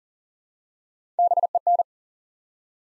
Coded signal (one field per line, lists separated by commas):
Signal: Morse code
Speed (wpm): 39 wpm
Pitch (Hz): 700 Hz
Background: none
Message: BEN